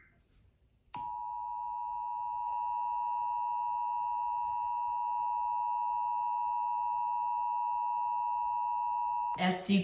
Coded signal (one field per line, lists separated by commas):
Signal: Emergency Alert System (SAME) tones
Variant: 853 and 960 Hz attention tone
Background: speech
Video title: EAS scenario￼ SCP 049 part￼ 3/3 The series￼ Finale The rise of SCP 049￼￼